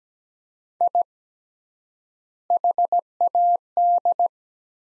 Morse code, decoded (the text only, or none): I HAD